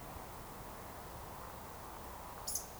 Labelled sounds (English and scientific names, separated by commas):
Eurasian Woodcock (Scolopax rusticola) whistle, Eurasian Woodcock (Scolopax rusticola) croak